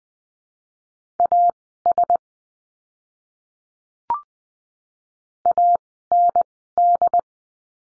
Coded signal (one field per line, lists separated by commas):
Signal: Morse code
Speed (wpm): 20 wpm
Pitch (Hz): 700 Hz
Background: none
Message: AS AND